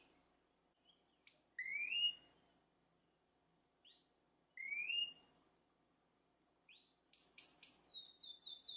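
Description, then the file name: Canary song, quieter: separated rising whistled sweeps with gaps, ending in a quick series of repeated high chirps. "Canary Voice"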